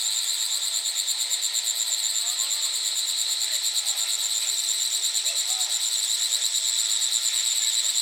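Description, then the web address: Cicadas droning together in a continuous shrill buzz with a steady pulse throughout. Several cicadas recorded in China. "China Cicadas Wall"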